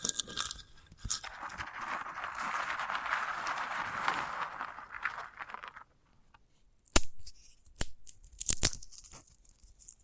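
A sunflower head is handled in ASMR fashion, opening with a few sharp crackles before a dense, steady rustling and scratching runs from about one to six seconds. After a brief silence, separate crisp snaps and crunchy tearing sounds come in quick bursts near seven, eight and nine seconds.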